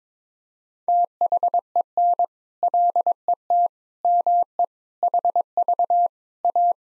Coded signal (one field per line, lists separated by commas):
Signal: Morse code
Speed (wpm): 22 wpm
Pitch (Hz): 700 Hz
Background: none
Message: THEN LET ME HV A